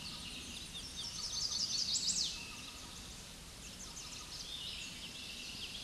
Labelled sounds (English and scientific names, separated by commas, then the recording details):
Chestnut-sided Warbler (Setophaga pensylvanica) song
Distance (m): 10 m
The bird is about 5 m above the microphone
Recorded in a Pennsylvania forest on 16 May 2024 at 06:48
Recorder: AudioMoth, point MSD-0178
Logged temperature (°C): 15.3 °C
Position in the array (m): 80 m, 64 m